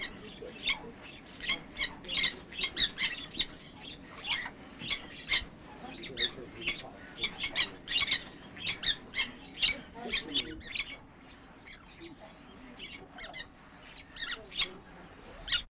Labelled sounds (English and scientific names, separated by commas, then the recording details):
Maroon-tailed Parakeet (Pyrrhura melanura) call
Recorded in captivity
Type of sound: call
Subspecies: berlepschi
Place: Vogelpark Walsrode, Niedersachsen, DE
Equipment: Halbspur, 9,5 cm/s
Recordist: Lütgens, Hans
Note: Rufe